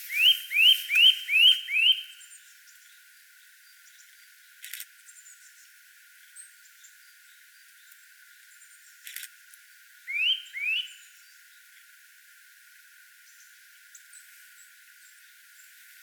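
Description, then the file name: Eurasian nuthatch calling, a quick run of five clear, rising whistled notes, then quiet with faint clicks, and two more similar notes near the end. "Sitta europaea"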